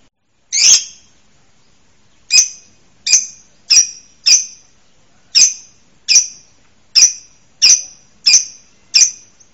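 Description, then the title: Bird calls: one sharp high chip, a gap, then repeated high chips at uneven intervals of about a second. Labelled as masteran material. "LuckyBurung MasteranBest"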